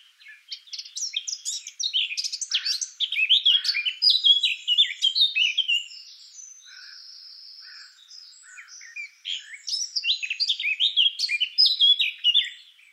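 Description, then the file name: Eurasian blackcap singing a long, tumbling warble of quick, varied notes that softens into a quieter chattering stretch midway before swelling again. "Sylvia atricapilla"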